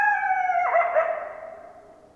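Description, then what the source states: Coyote call: a steady harmonic note that breaks abruptly into a wavering lower part and then fades. Coyotes; recorded 10 December 2012.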